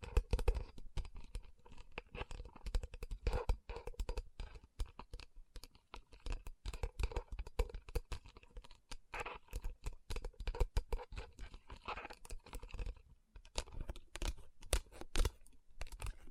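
Rapid tapping and rubbing on rhinestone-covered palms, a dense run of sharp, bright clicks that clatter like typing throughout. Softer scratchy rubbing fills the gaps, with brief pauses near six and thirteen seconds before the quick tapping resumes.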